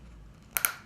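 Fishing line is pinched into the spring-loaded jaws of a float release clip so the float is fixed on the line at the set depth. After a quiet low background, two sharp bright clicks sound at 0.6 s and 0.7 s as the jaws snap shut. The line is held in the jaws and the float is now fixed in place.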